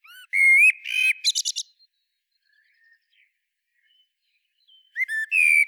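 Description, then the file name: Common blackbird singing a mellow whistled phrase that ends in a burst of thin, scratchy high notes, then a fresh whistled phrase starts after a pause. "Turdus merula"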